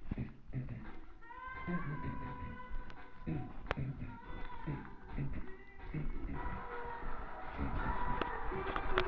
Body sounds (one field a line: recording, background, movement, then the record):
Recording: throat clearing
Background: music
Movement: walking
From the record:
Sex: male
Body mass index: 23.7 kg/m2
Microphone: on the chest, facing the body